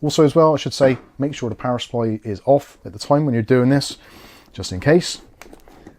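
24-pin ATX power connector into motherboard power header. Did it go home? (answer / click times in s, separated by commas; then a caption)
yes / 5.4 s. A 24-pin ATX main power connector is pushed into its socket on the side of an MSI X670E Gaming Plus WIFI motherboard while someone talks. A sharp click is heard at 5.4 s as it seats, followed by a few softer ticks.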